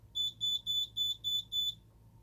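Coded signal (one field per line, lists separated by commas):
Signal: beep code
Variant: Simplex security keypad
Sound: six quick high-pitched piezo beeps in a row, then silence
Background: faint room hum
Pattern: 6 short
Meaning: System armed in stay mode, without exit delay beeping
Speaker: You got your little arming beep, but then you don't have the exit delay beep,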